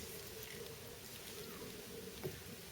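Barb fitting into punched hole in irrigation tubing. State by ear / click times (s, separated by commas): not seated / none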